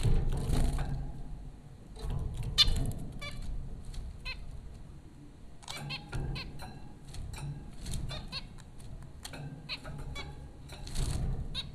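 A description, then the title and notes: Zebra finches call in quick, bright chirps and clicks, clustered in bursts around the first three seconds, again near six to nine seconds, and at the end. Between bursts a low rumbling murmur fills the background, with some louder thumping passages at the start and close. Zebra finches recorded by Dan Bodah at Popcorn School, Flatbush, Brooklyn NY.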